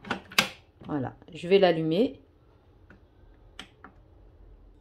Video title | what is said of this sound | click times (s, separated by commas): Unboxing et crash test de la Ninja Creami Deluxe -- MON avis sincère sur cette machine🤫😱😉 | vous faites un quart de tour comme ceci jusqu'à entendre le côté clip voilà | 0.4 s